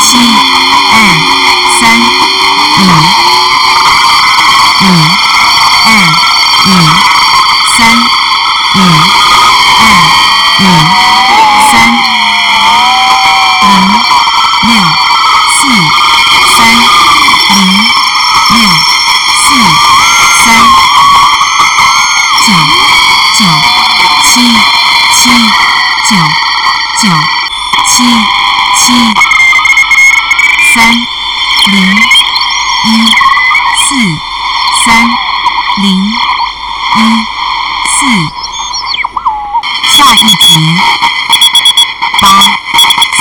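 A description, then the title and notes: Shortwave radio reception with a dense, steady layer of stacked whining tones and hiss running throughout. A low, rapid pulsing repeats about twice a second, while a wavering tone drifts up and down near the middle, with brief dropouts near the end. Shortwave radio by ERH.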